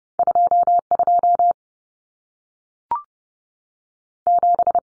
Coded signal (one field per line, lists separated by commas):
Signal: Morse code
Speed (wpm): 30 wpm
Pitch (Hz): 700 Hz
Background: none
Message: 22 7